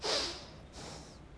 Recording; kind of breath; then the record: one breath in and out by a microphone near the nose and mouth; deep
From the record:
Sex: male